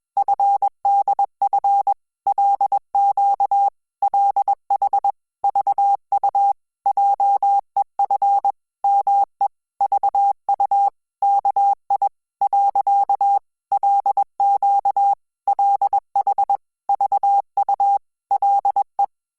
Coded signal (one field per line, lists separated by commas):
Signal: Morse code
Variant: Korean alphabet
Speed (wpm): 21 wpm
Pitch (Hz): 800 Hz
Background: none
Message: 는 개 구 리 한 마 리 야 . 개 구 리 가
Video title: Hangul Morse Code Listening Practice : Frog Prince IV - KOREA A1 CLUB